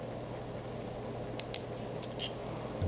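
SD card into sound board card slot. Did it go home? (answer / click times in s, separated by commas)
no / none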